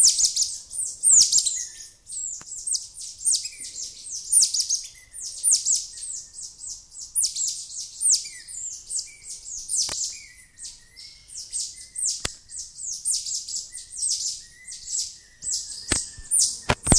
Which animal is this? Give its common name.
Cottontop Tamarin